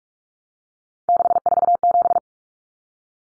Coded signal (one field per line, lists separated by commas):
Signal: Morse code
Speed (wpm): 44 wpm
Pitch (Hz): 700 Hz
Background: none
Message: 647